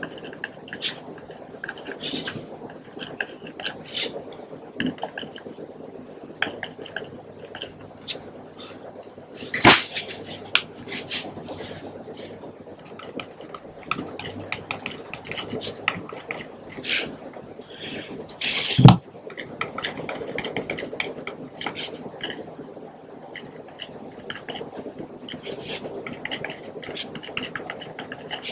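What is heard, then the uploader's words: Pen writing with frequent sharp taps and clicks over a soft scratchy bed, loudest snaps near ten and nineteen seconds. Including pen writing, tapping, and clicking sounds.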